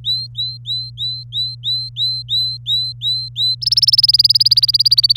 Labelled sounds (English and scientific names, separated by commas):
Domestic Canary (Serinus canaria) song